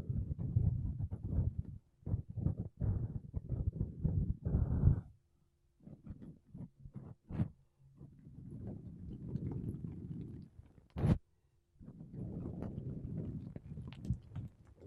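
Makeup brushes and a sponge rub across a microphone in bursts of soft, low scratchy swishing, with quick strokes in the first five seconds. After a short silence come scattered taps, then longer, smoother brushing passages, broken by a sharp bright click near eleven seconds.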